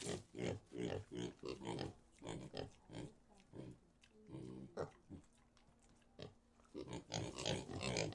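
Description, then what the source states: Pigs giving short, rough grunts in uneven bursts, with a quieter pause in the middle before the grunting picks up again. In a pig sty.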